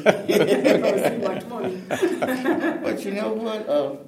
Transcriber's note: laughter